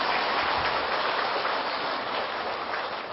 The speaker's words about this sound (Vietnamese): Hiểu ý đó, cho tràng pháo tay.